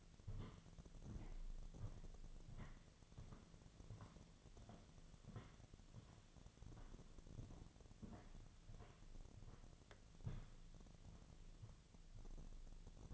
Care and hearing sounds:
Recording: daily activity, microphone in the room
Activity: walk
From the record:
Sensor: 4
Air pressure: 1009.1 hPa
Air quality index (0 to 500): 167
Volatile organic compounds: 4 ppm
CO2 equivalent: 1682 ppm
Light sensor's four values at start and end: 24/75/29/28 and 24/76/29/28

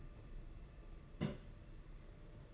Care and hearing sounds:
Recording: daily activity, microphone in the room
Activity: place on stove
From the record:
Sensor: 4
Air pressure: 992.8 hPa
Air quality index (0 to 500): 176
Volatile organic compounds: 337 ppm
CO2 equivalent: 4557 ppm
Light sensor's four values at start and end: 4/10/4/4 and 4/10/4/4

